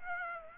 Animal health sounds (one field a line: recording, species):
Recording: mosquito wingbeat signal from an infrared sensor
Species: Aedes aegypti